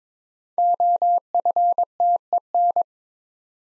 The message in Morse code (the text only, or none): OFTEN